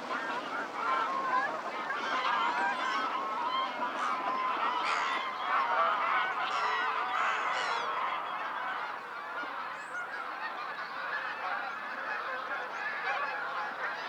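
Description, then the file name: Goose: many geese honking at once, a dense continuous clamour of nasal calls with a few sharper honks standing out. Several geese calling in flight. "freesound Flying geese"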